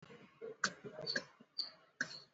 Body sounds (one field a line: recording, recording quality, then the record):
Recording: shallow voluntary cough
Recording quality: poor, much background noise or distortion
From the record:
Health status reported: exposed to COVID-19, no respiratory illness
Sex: male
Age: 22 years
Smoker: no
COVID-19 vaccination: both doses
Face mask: not worn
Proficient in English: yes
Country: India